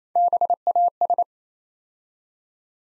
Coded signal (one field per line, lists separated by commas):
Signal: Morse code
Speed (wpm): 27 wpm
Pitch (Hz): 700 Hz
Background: none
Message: BAS